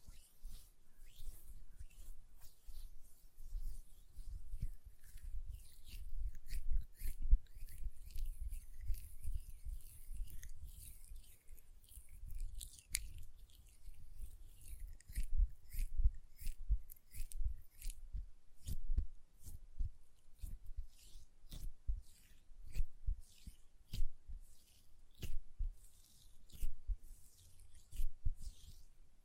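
Hand sounds with nail tapping and lotion: quick, irregular clicks and taps come in dense clusters throughout, with soft rubbing and squishing beneath them. The taps are crisp and bright, over a low, muffled handling rumble, and grow sparser and more spaced in the second half.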